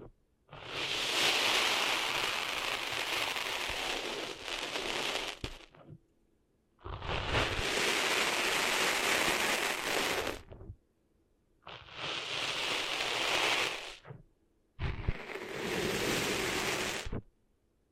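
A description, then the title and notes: Cleaning sand out of an ear: four bursts of dense, gritty rushing and scraping, each lasting about three to five seconds, separated by short near-silent gaps. The sound is hissy and bright with a low rumble underneath, fairly steady within each burst. ASMR Cleaning Sand Out of Your Ears (No Talking).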